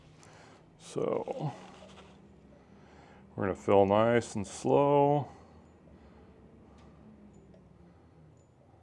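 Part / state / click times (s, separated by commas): Foster quick-disconnect coupler onto airgun fill nipple / not seated / none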